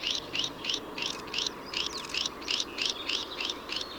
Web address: Linnut Kahlaajat kurpat galmeg